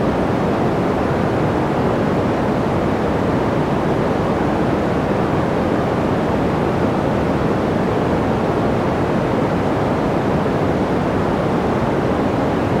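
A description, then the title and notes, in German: Soft white noise plays as an even, unbroken hiss for the whole stretch, with no events or changes in level. The sound leans low and warm rather than bright, thick and rumbling like surf or steady wind, with the highest tones rolled off. Das Sanfteste Weiße Rauschen. Natürliches Grünes Rauschen. Wir konzentrieren uns auf die beruhigende Kraft des tiefen grünen Rauschens, manchmal als Smaragd-Rauschen bezeichnet.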